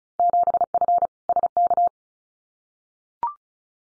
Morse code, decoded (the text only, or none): 7F SK